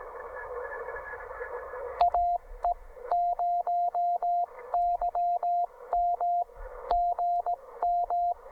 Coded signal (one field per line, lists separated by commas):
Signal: Morse code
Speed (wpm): 18 wpm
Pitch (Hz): 690 Hz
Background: radio noise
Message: AE0YM GM